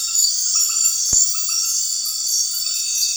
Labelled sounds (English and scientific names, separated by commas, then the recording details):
none
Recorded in secondary vegetation near Puerto Asís, Putumayo, Colombia, on 12 March 2025 at 20:30
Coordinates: 0.499, -76.323
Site G094